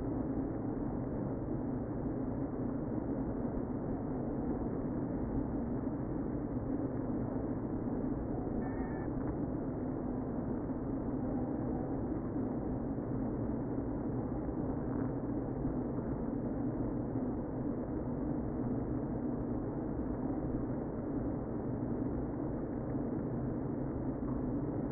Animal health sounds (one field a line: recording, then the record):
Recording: honeybee colony, microphone inside the hive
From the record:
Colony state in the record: queen present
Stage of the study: before two queens were removed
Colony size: about 60,000 bees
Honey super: yes